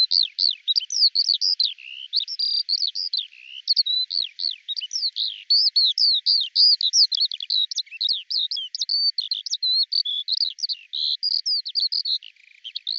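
Eurasian skylark song, an unbroken rapid stream of chirps, trills and slurred whistles that rise and fall without pause, with no other sounds.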